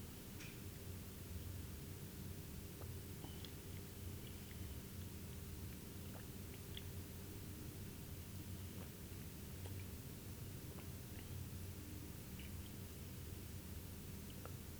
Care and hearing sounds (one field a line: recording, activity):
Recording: daily activity, guitar pickup as the sensor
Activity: drink water